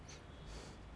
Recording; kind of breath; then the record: one breath in and out by a microphone near the nose and mouth; strong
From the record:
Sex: male